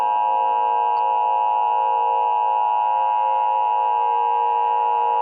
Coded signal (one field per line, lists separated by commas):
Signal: Emergency Alert System (SAME) tones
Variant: 853 and 960 Hz attention tone